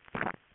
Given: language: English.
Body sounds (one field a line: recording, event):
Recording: throat vibration sensor signal played as sound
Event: swallow